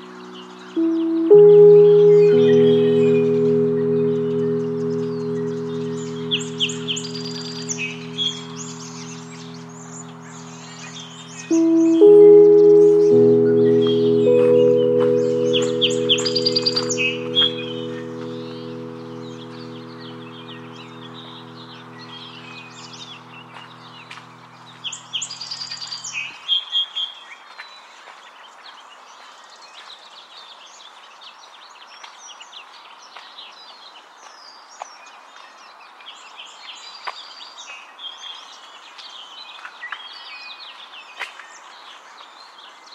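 Birds chirp and twitter steadily at Oaks Bottom along the Willamette River. A long, low horn-like drone starts about a second in, sounds again near twelve seconds, and fades out by around 26 seconds, leaving the bird calls over a soft hiss.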